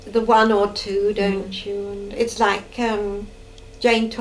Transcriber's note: none